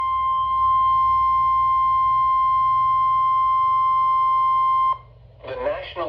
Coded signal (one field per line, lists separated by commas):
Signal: Emergency Alert System (SAME) tones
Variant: 1050 Hz attention tone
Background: speech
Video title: Special Marine Warning (EAS #91)